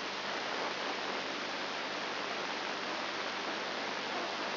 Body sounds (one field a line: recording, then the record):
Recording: brain microelectrode recording played as sound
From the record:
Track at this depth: inside the subthalamic nucleus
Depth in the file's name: 2.104 mm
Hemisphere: left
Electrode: 3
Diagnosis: Parkinson's disease